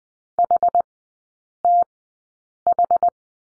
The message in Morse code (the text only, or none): HTH